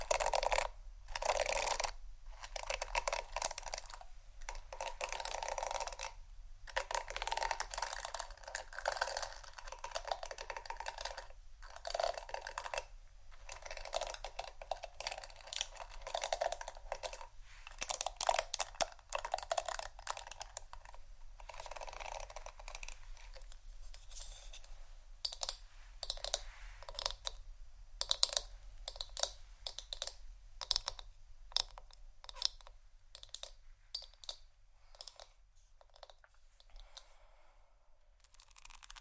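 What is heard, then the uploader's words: Hair brush and comb strokes make dense, scratchy bristle sounds with brief gaps, loud at first, then sparser, quicker, lighter strokes toward the end. ASMR Hair Brush & Comb Sounds （No Talking）.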